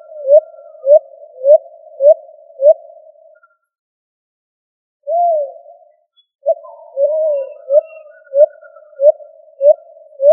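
Pigeon calling: low, short rising hoots in an even series, broken by a silent pause and a longer drawn note, then the even series resumes.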